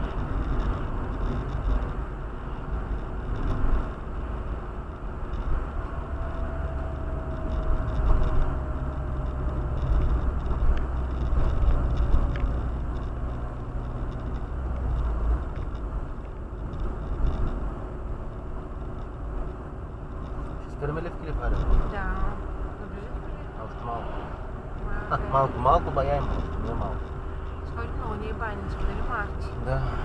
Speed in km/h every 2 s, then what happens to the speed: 70, 70, 68, 65, 62, 59, 57, 57, 56, 57, 58, 58, 58, 58, 59.
3-12 slows to 57. 12-30 steady at about 58.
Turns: none.